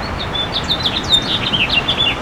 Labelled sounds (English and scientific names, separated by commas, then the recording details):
House Finch (Haemorhous mexicanus) song
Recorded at Port Washington on Long Island, New York, on 22 May 2013
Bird A